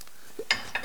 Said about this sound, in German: Ist die Pfanne gut ausgewischt? Da war Bratwurst drin.